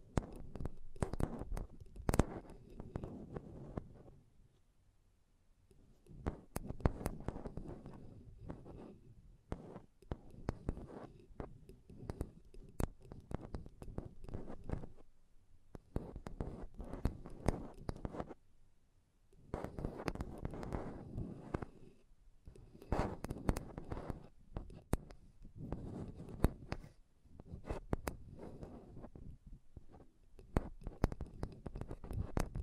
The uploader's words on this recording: ASMR Intense Mic Tapping and Scratching Sounds (No Talking).